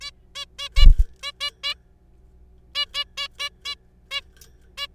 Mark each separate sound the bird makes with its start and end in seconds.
0.01-0.11, 0.35-0.45, 0.59-0.68, 0.76-0.85, 1.23-1.31, 1.41-1.50, 1.64-1.74, 2.75-2.85, 2.94-3.04, 3.17-3.28, 3.40-3.49, 3.65-3.75, 4.11-4.21, 4.78-4.87